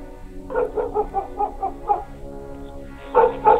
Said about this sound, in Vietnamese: Con chó mực đang nằm lim dim bên cạnh quán lập tức nhảy chồm về phía Giang mà hậm hực sủa lên mấy tiếng.